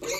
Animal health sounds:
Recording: pig call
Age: weaner (32 to 43 days)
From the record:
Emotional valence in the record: negative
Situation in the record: short isolation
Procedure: open field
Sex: female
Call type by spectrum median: high-frequency call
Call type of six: high-frequency stable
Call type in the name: high-frequency stable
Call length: 0.19 s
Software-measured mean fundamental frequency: 168 Hz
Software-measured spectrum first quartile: 681 Hz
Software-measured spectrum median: 2230 Hz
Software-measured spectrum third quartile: 5373 Hz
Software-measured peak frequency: 551 Hz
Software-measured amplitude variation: 70 dB a second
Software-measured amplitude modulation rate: 23.2 a second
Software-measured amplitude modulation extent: 3.0 dB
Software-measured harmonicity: 3.1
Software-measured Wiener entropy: -2.41

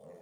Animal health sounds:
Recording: pig call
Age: piglet (1 to 25 days)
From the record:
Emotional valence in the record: negative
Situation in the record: short isolation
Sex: female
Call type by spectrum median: low-frequency call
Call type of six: low-frequency modulated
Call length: 0.22 s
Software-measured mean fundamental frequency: 51 Hz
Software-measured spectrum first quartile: 374 Hz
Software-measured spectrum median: 516 Hz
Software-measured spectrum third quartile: 700 Hz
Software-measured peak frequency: 519 Hz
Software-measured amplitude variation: 100 dB a second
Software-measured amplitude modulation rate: 20.1 a second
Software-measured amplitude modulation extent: 5.0 dB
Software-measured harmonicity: 2.6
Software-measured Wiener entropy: 0.03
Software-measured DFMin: 995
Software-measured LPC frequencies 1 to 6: 532, 1910, 3536, 4569, 5547, 6857 Hz

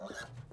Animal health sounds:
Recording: pig call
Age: piglet (1 to 25 days)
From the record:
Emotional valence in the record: negative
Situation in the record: long isolation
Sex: male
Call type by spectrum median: low-frequency call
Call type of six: mixed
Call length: 0.53 s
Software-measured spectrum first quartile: 372 Hz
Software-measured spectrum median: 981 Hz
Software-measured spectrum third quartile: 2285 Hz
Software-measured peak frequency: 592 Hz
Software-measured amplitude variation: 195 dB a second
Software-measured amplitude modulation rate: 16.1 a second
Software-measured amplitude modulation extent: 12.1 dB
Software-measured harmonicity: 1.3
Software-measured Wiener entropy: -2.14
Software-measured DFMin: 978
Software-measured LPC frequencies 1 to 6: 590, 1611, 3253, 3863, 5719, 6562 Hz

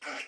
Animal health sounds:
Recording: pig call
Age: piglet (1 to 25 days)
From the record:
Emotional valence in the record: negative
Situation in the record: restrain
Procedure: in the arms of a person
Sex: female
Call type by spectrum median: low-frequency call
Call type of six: low-frequency tonal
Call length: 0.28 s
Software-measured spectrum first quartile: 1089 Hz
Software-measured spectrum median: 1949 Hz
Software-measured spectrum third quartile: 2836 Hz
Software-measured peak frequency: 1495 Hz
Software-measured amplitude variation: 114 dB a second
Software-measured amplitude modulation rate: 16.4 a second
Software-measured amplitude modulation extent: 7.0 dB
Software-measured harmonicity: -0.2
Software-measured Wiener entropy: -0.97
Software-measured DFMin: 673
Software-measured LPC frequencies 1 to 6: 669, 1432, 2167, 2611, 5034, 5481 Hz

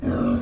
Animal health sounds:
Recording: pig call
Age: growing-finishing pig (85 days or more)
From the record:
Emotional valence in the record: negative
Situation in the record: barren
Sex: male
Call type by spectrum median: low-frequency call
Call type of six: low-frequency modulated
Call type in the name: low-frequency modulated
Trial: 2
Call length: 0.43 s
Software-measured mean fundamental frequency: 61 Hz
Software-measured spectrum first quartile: 207 Hz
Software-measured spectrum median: 285 Hz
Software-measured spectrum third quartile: 564 Hz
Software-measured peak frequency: 243 Hz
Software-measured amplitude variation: 128 dB a second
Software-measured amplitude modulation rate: 25.8 a second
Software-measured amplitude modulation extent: 5.0 dB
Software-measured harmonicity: 2.8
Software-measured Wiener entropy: -0.89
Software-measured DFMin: 1048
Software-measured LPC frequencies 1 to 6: 310, 1273, 2650, 3490, 4713, 5688 Hz

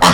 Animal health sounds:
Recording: pig call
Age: piglet (1 to 25 days)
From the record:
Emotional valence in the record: positive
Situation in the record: reunion after long isolation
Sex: female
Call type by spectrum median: low-frequency call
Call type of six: low-frequency tonal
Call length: 0.15 s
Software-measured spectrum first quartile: 774 Hz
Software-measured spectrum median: 1398 Hz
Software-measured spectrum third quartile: 3634 Hz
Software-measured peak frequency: 964 Hz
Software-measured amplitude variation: 52 dB a second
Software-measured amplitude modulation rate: 10.2 a second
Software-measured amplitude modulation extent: 5.1 dB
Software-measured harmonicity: -0.6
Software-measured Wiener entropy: -1.64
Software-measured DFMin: 965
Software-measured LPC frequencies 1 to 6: 1057, 1829, 3128, 4181, 5495, 6864 Hz

